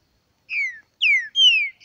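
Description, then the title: Green-winged saltator: three rich whistled notes, each sliding downward, the last one longest. The background is silent. Bird named Nicão in the bush, singing in a contest with a free-living bird. "Trinca Ferro NICÃ O No Mato Disputando Com Solto"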